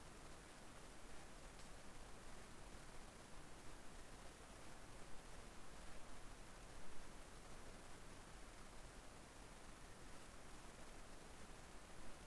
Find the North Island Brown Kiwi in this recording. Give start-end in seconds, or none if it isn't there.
none